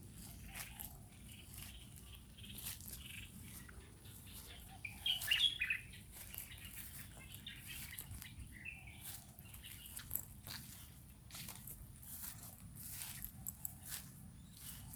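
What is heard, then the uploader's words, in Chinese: A morning walk outdoors, with a steady low rumble underneath throughout. Short dry crackles and taps come irregularly across the whole stretch, like steps or brushing movement, and a few brief high chirps stand out around five seconds. 牛樟家園晨間散步。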